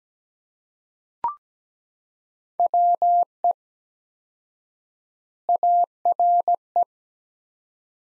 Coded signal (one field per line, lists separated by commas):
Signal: Morse code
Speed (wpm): 17 wpm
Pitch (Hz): 700 Hz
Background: none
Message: WE ARE